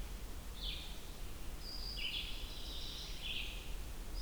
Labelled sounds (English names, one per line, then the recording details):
Red-eyed Vireo song
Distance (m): 65 m
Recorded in boreal forest in Alberta, Canada, on 28 June 2016 at 07:40
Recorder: SongMeter 3, array SBT-6-79
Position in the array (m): 105 m, 212 m